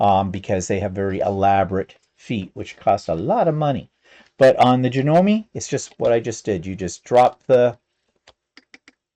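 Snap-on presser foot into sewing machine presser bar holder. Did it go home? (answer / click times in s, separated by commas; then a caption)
yes / 8.7 s. Someone talks, then a snap-on presser foot is dropped onto the presser bar holder of a Janome sewing machine, and several short, sharp hits sound between about 8.3 and 8.9 seconds. The foot clicks into the bar at 8.7 seconds and is seated, with no screwing needed.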